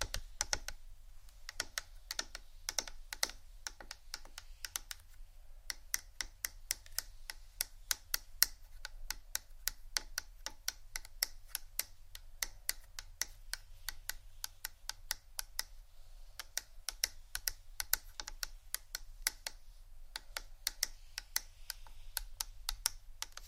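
Tapping on various objects such as wood and ceramic, made up of rapid, sharp clicks in irregular bursts throughout. The taps cluster densely in stretches, with brief sparser gaps near 5 and 16 seconds. A low steady hum runs underneath.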